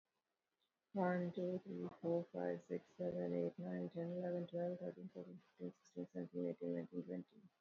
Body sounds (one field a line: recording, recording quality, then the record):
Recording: counting at a fast pace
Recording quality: excellent, no background noise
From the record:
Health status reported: recovered from COVID-19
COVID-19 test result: positive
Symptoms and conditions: cough, fever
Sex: female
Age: 54 years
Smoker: not ticked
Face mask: not worn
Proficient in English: yes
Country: India